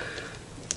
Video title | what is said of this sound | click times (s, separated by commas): 1/100 MG Unicorn Gundam Unit 02 Banshee | to wrap things up we do the body pull this out until you hear a click | 0.7 s